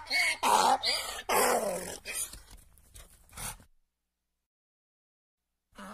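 Donkey bray fragments: several harsh, rasping heaving notes over about three and a half seconds, then silence before a brief final sound.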